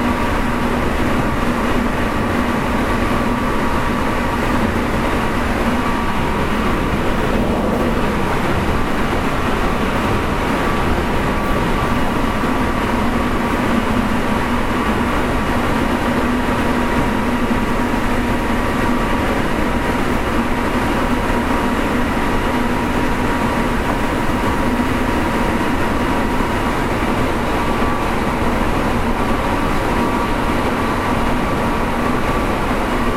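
Running sound of a 7000 series electric train, a steady, dense rumble that holds level for the whole clip. A low drone sits underneath, with faint whining tones higher up and a brief swell around eight seconds.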